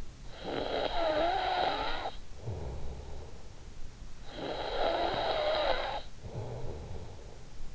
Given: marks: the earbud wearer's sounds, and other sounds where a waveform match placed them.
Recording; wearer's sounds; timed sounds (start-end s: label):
sounds in sleep by an in-ear microphone; snoring breath
0.21-7.75 s: snoring breath